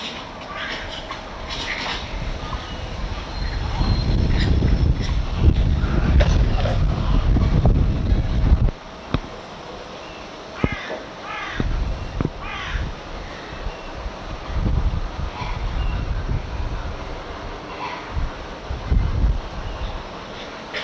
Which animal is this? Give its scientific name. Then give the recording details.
Pan paniscus. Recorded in captivity. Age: subadult. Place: Zoo Berlin, Berlin, DE. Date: 1988-07-23 15:12. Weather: sunny, 30°C. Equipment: 19 cm Stereo. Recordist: Tembrock, Günter